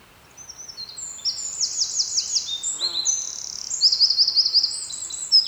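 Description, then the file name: Eurasian wren song, a loud, high, rapid outpouring of sharp notes and fast rattling trills, mixing in buzzy repeated phrases for about five seconds. "Troglodytes troglodytes"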